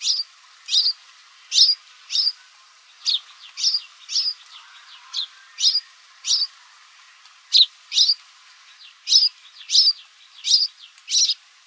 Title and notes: Gorrión Común. Blog De Aves